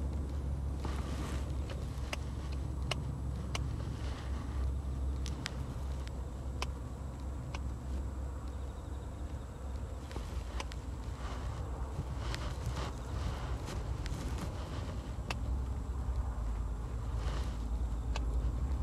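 Weeding a carrot patch at dusk, pulling grass and snipping the larger stems with scissors: short, sharp snips and rustles come every second or two, sometimes in quick clusters. A steady low engine-like hum runs underneath the whole time.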